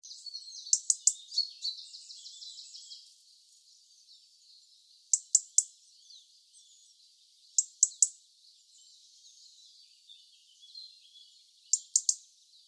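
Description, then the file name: European robin giving sharp, dry tick calls in quick pairs and triplets, repeated every few seconds, with faint high twittering at the start. "Erithacus rubecula"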